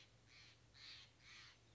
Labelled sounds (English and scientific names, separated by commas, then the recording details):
Steller's Jay (Cyanocitta stelleri)
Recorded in Sonoma County, California